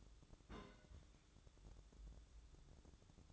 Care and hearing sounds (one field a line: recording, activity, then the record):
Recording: daily activity, microphone in the room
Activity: place on stove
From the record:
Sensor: 3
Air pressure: 1008.1 hPa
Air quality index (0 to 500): 129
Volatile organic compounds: 2 ppm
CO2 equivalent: 1065 ppm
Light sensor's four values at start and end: 9/20/8/8 and 9/20/8/8